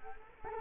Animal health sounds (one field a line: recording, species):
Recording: mosquito wingbeat signal from an infrared sensor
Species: Culex quinquefasciatus